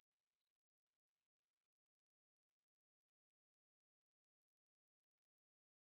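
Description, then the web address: Broad-tailed hummingbird making high, thin metallic chips and brief buzzes that start loud and fade into softer, scattered twitters. Recorded in Arizona. "Hummingbirds Swifts BTLH deviche"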